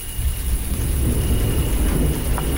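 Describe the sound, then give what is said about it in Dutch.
Low, rolling thunder rumbles steadily at night under a constant hiss of rain, with no voices; the deep roar stays fairly even for the whole stretch. “En die nacht komen de donder en de regen alsnog.”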